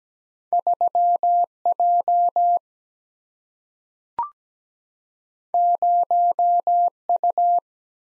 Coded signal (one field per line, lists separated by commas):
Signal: Morse code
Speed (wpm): 17 wpm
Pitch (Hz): 700 Hz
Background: none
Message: 3 J 0 U